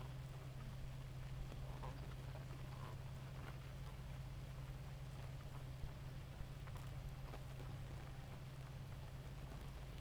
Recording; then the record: honeybee colony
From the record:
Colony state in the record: active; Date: 28 July 2017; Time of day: 2:34